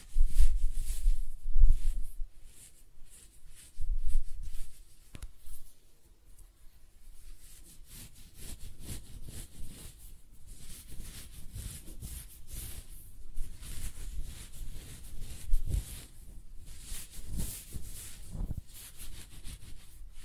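Close-up hair sounds of scratching and brushing, with irregular dense crackly strokes and low thumps, louder in the first five seconds, then softer, steady rubbing.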